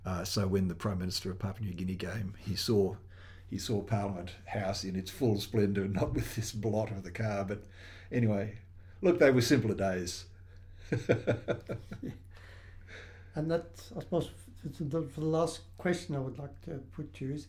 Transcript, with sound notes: so when the prime minister of Papua of New Guinea came he saw Parliament House in its full splendour, not with this blot of the car. But anyway, they were simpler days [laughs]
And that’s I suppose—for the last question I’d like to put to you,